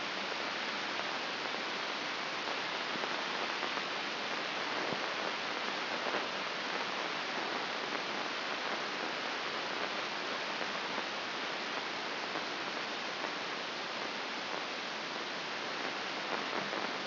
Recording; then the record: brain microelectrode recording played as sound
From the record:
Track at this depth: outside the subthalamic nucleus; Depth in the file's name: 5.816 mm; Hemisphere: left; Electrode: 2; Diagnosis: Parkinson's disease